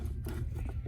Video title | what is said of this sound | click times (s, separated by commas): Installing that tricky Carseat 101 | and when you hear the latch you know that it's in there | 0.3 s